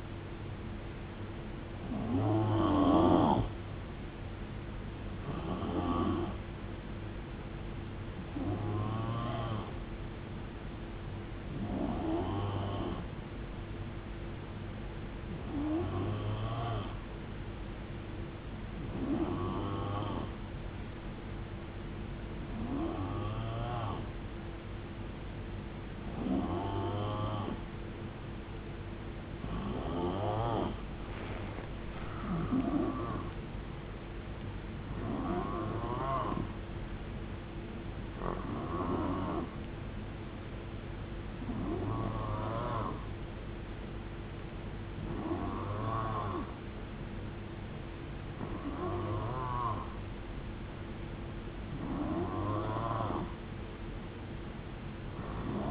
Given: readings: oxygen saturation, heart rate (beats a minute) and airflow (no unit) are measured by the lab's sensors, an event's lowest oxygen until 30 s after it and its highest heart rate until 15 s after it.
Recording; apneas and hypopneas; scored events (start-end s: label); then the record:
breathing in sleep by a voice recorder at the bedside; 1
17.00-33.20 s: hypopnea (N3, oxygen 91% highest, then 89% lowest, heart rate 73 at the start, 81 highest)
23.00-55.71 s: new sleep stage, N2 (light sleep)
From the record:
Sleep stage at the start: N3 (deep sleep); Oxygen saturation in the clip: 89 to 91%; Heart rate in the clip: 69 to 81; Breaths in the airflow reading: 17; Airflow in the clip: -10.0 to 5.3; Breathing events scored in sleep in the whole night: 389 in 6.3 hours asleep